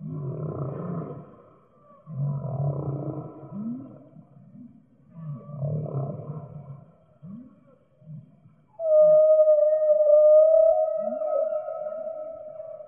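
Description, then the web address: Whale calls: low moaning groans and short rising whoops, followed by a long, steady, higher tonal note with faint harmonics. "кит"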